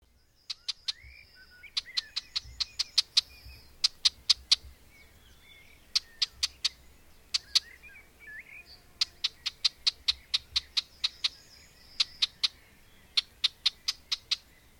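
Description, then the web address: Bird: bursts of sharp ticks, with a few short warbled notes in the background. "madarak enek"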